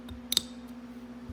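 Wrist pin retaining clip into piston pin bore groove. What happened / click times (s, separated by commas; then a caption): The spiral retaining clip snapped into its groove / 0.3 s, 0.4 s. A spiral-type wrist pin retaining clip is worked into the groove in the piston pin bore, giving two sharp metallic clicks at 0.3 s and 0.4 s over a faint steady hum. The clicks confirm the clip is seated in its groove and will not come out.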